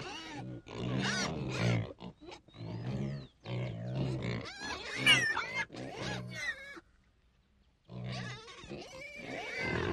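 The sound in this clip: Pigs grunting and squealing in dense overlapping bursts, with shrill rising squeals and low grunts, a brief quiet gap near the end, then more grunting.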